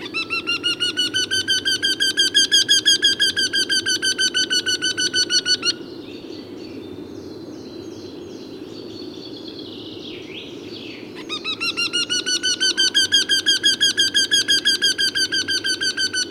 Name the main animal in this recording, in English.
Eurasian Wryneck